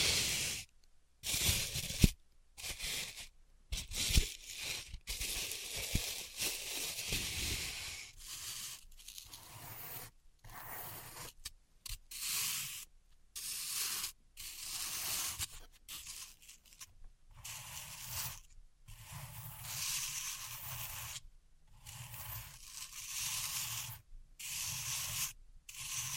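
Floral foam being cut and crushed, with bursts of dry, crisp scraping and crumbling broken by frequent short silences. Early on come a few sharp taps and crunches; later the sounds turn softer and longer, rubbing and grinding in irregular strokes.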